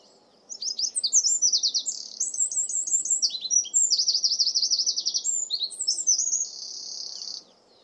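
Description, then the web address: Bird delivering a long, rambling high song of mixed chirps, rapid buzzy trills and sliding notes, with faint low background hum. "cianscape birddata Deverinetal 2025"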